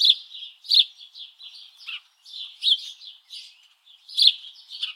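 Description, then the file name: House Sparrow giving a string of sharp, scratchy chirps, some louder and more emphatic, with brief pauses between bursts. "Passer domesticus"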